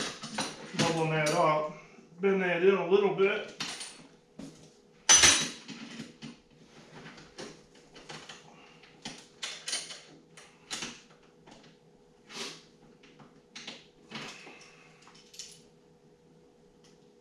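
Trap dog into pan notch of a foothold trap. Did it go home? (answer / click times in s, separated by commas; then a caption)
no / none. Someone talks while adjusting and leveling the pan of a new steel foothold trap, bending parts by hand, with scattered sharp metallic clinks and taps throughout. The trap dog has not yet clicked into the pan notch; nothing has seated by the end.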